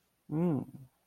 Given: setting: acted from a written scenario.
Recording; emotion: vocal sound without words; neutral